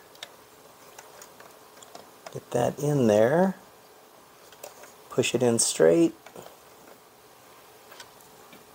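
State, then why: Not seated. A multi-pin wire connector is being lined up and pushed straight into a circuit board socket, with small ticks and taps of handling spread through the clip. Someone talks in two short bursts. The connector has not seated or clicked yet; nothing has gone home.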